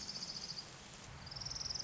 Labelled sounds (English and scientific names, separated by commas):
Orange-crowned Warbler (Leiothlypis celata)